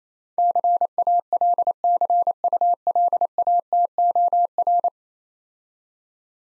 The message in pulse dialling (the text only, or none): none